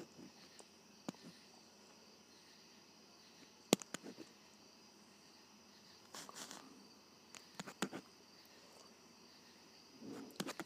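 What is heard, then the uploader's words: A ballpoint pen writes on paper in short, scratchy bursts with pauses between them, the strokes bunching around the middle and near the end. Sharp little taps and clicks land now and then, the loudest near four seconds. A faint steady hiss sits underneath. ASMR Writing with a Ballpoint Pen.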